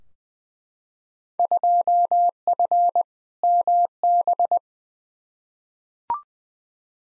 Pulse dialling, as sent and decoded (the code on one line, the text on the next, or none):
none